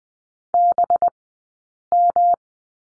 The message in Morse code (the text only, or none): BM